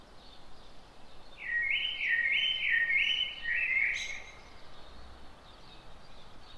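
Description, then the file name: Eurasian blackbird song: a single melodious phrase of looping, mellow whistles closing with a brief high squeaky note, with quiet background noise. "Turdus merula"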